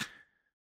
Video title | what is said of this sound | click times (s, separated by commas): Unboxing: The Haymaker Wireless Headphones | The earphones just pop right off. | 0.0 s